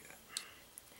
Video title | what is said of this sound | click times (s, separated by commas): Review of Traxxas EZ Peak Plus Charger | it here click just clicked in then | 0.4 s